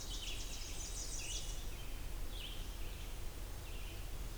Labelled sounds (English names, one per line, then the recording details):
Red-eyed Vireo song
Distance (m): 75 m
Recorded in boreal forest in Alberta, Canada, on 20 June 2016 at 07:19
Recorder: SongMeter 3, array SBT-6-81
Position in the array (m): 114 m, 154 m